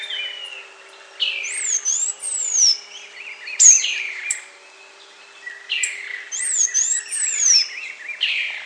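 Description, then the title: Half-collared sparrow giving high, sharply arched and descending thin notes in several repeated phrases. "LuckyPassaro Completos2Sama. Half-collared Sparrow (Arremon semitorquatus)"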